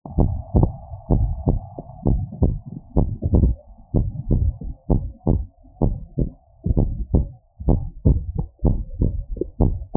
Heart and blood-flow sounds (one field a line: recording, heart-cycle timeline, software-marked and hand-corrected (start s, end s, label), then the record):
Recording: heart sounds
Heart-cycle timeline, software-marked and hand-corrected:
0.00	0.18	diastole
0.18	0.32	S1
0.32	0.56	systole
0.56	0.70	S2
0.70	1.16	diastole
1.16	1.30	S1
1.30	1.48	systole
1.48	1.60	S2
1.60	2.08	diastole
2.08	2.22	S1
2.22	2.42	systole
2.42	2.54	S2
2.54	2.96	diastole
2.96	3.10	S1
3.10	3.38	systole
3.38	3.54	S2
3.54	3.96	diastole
3.96	4.08	S1
4.08	4.32	systole
4.32	4.48	S2
4.48	4.90	diastole
4.90	5.04	S1
5.04	5.28	systole
5.28	5.42	S2
5.42	5.82	diastole
5.82	5.94	S1
5.94	6.18	systole
6.18	6.28	S2
6.28	6.76	diastole
6.76	6.90	S1
6.90	7.14	systole
7.14	7.26	S2
7.26	7.68	diastole
7.68	7.82	S1
7.82	8.06	systole
8.06	8.20	S2
8.20	8.64	diastole
8.64	8.78	S1
8.78	9.02	systole
9.02	9.14	S2
9.14	9.60	diastole
9.60	9.72	S1
9.72	9.96	systole
9.96	9.97	S2
From the record:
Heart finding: normal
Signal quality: good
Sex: female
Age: 46 years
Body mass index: 25